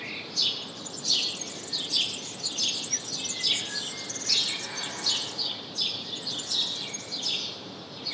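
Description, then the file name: House sparrow chirps, loud harsh notes repeated about every second in a broken rhythm, backed by faint steady hiss. "Passer domesticus"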